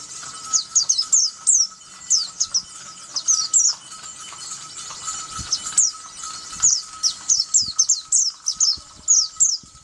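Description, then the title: White-eye giving short bursts of thin high chirps in small clusters, separated by brief pauses, over a soft steady hum and scattered low knocks. "Pleci"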